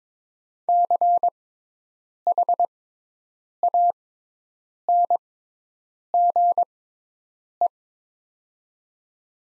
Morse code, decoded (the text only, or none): CHANGE